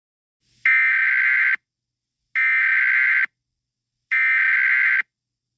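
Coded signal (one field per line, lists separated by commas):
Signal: Emergency Alert System (SAME) tones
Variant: header bursts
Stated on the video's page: Fictional alert scenario.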